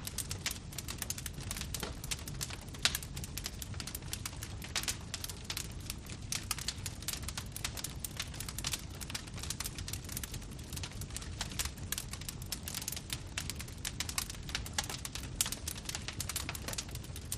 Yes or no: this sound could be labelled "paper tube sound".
no